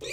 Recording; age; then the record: pig call; weaner (32 to 43 days)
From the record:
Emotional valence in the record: negative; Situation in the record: short isolation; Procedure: open field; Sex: female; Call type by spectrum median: low-frequency call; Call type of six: high-frequency stable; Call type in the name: high-frequency stable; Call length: 0.13 s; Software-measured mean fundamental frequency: 193 Hz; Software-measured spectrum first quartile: 478 Hz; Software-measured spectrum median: 2118 Hz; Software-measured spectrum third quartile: 3459 Hz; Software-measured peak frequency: 2393 Hz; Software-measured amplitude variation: 75 dB a second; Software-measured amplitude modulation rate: 15.0 a second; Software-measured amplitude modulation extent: 5.0 dB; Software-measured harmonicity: 4.7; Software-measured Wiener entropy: -2.62